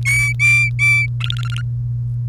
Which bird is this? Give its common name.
Domestic Canary